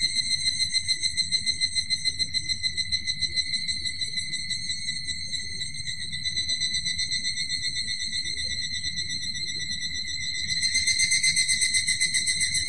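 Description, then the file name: Evening cicada call, a high ringing metallic trill pulsing rapidly, steadier in the middle, growing louder near the end. "higurashi"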